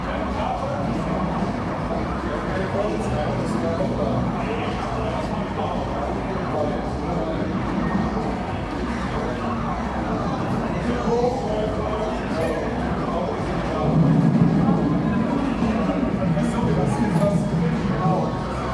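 A busy gaming arcade with a dense, steady wash of overlapping chatter, machine noise and scattered electronic beeps. The crowd noise runs evenly throughout, with a louder, fuller stretch of low rumble around the fourteen-second mark before easing slightly toward the end.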